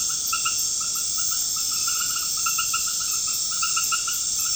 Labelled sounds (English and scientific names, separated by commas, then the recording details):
none
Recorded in pastures near Puerto Asís, Putumayo, Colombia, on 12 March 2025 at 20:00
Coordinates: 0.502, -76.324
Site GP07